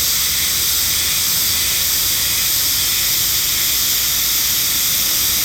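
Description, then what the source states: Shrill continuous cicada chorus, a dense hiss that stays even from start to finish. Chorus in the sacred forest of Nou Hakusan Shrine, Japan, the northernmost habitat on the Sea of Japan side; possibly near season's end; calling fairly well; recorded with an MKH8020 microphone.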